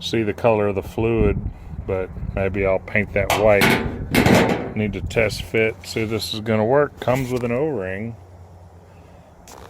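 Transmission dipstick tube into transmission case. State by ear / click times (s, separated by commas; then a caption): partly seated / 9.5 s. A new transmission dipstick tube with an O-ring is test-fitted into a transmission case. Someone talks through most of the clip, then faint knocks are heard as the tube goes in, with the first at 9.5 s. The tube fits but is not all the way in yet.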